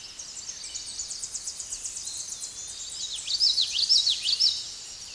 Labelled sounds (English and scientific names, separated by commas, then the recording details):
Common Yellowthroat (Geothlypis trichas) song
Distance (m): 5 m
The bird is about level with the microphone
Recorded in a Pennsylvania forest on 16 May 2024 at 06:04
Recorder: AudioMoth, point MSD-1293
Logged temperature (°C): 12.0 °C
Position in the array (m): 60 m, 152 m